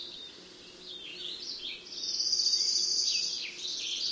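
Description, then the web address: White-crowned Sparrow singing: scattered high notes lead into a sustained buzzy high trill lasting over a second, followed by quick descending notes. Common western species of North America. "Know Your Bird Sounds Common Western Species. White-crowned Sparrow"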